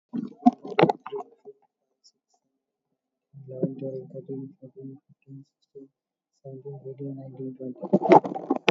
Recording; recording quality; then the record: counting at a normal pace; excellent, no background noise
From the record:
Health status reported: COVID-19 positive, mild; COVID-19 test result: positive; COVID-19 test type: RT-PCR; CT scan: not taken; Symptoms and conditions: fatigue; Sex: male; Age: 31 years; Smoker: no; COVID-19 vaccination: none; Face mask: not worn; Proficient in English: yes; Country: India